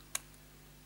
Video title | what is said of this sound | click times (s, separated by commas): Trying to FIX Nintendo Switch Joy-Con Stick Drift and Loose Stick Caps | it goes right to the bottom and then if you look click up you can hear a little click and yeah | 0.1 s